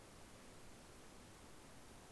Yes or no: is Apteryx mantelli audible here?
no